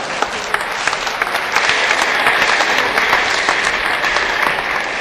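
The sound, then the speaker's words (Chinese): Sustained audience applause at a Chinese crosstalk (xiangsheng) performance, a dense steady wash of many hands clapping at an even, fairly loud level for the full five seconds, with no voices standing out. “我认为大家的掌声啊， 啊， 主要是给王玉先生鼓的。”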